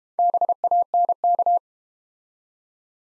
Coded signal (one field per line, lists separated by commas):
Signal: Morse code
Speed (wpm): 30 wpm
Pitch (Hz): 700 Hz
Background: none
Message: BANK